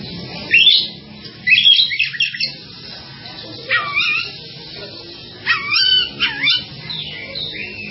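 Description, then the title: Java sparrow chirping: short bright clipped notes in four bursts, around half a second, one and a half, four and six seconds, with quiet gaps between. "kicau gelatik"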